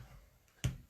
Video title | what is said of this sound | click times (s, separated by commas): Saturday Catch-Up 20th June - Covered Butttons and Binding a V Neckline | There you go, you can hear it clicking. | 0.6 s